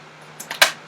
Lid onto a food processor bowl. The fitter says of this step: you hear the click and then